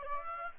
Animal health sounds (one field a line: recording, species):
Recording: mosquito wingbeat signal from an infrared sensor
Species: Aedes aegypti